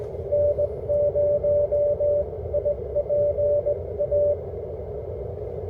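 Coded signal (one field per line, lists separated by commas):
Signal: Morse code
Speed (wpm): 15 wpm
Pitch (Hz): 590 Hz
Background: none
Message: N0IPA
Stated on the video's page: Park activation operated from inside a car, using a Chameleon LZ Sloper antenna.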